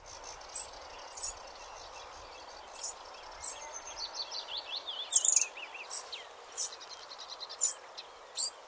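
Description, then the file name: Eurasian wren giving sharp, high ticking notes spaced irregularly, from about half a second to a second and a half apart, with a brief buzzy, descending trill near the middle; soft steady hiss behind. "Troglodytes troglodytes"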